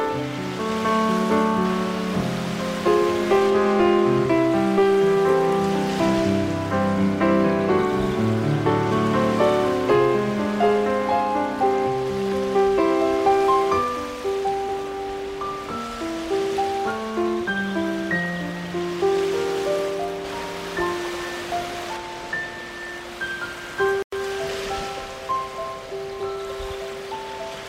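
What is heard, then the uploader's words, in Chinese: Flowing water hisses steadily beneath a gentle melody of sustained mid-pitched notes, thinning after twenty seconds, with a brief dropout near twenty-four seconds. 流水聲。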